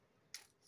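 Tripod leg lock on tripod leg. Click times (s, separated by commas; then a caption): 0.3 s. A plastic leg lock on a tripod leg is opened and gives one short, sharp click at 0.4 s, bright in the upper frequencies. Low background noise follows, and the lock is released. No one talks during the clip.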